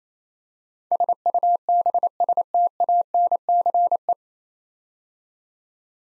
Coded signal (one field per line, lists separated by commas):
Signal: Morse code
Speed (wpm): 28 wpm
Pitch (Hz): 700 Hz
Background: none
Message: SUBSTANCE